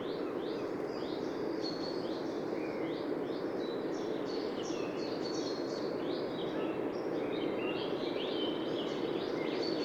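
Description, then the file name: Eurasian wren calling in dense runs of short high notes, nearly continuous over ten seconds, with a few lower notes mixed in over persistent low noise. "Troglodytes troglodytes"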